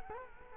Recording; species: mosquito wingbeat signal from an infrared sensor; Culex quinquefasciatus